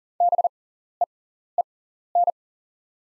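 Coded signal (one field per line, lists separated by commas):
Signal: Morse code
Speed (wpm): 37 wpm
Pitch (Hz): 700 Hz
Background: none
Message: BEEN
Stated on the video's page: Practice drill at 40wpm of top 300 words with 6x character spacing, Farnsworth timing.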